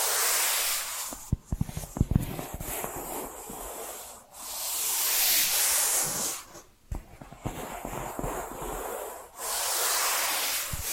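Tapping and scratching: clusters of sharp, irregular taps alternate with long, bright, hissing scratches that swell and fade, with brief silent gaps between.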